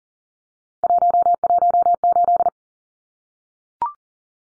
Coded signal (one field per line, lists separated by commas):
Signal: Morse code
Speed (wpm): 40 wpm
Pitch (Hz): 700 Hz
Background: none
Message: 118